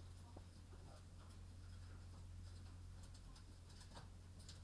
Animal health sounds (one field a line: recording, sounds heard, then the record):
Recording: poultry house recording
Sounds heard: sick chickens (respiratory disease)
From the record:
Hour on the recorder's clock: 22